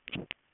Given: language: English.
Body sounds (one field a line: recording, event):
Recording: throat vibration sensor signal played as sound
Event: swallow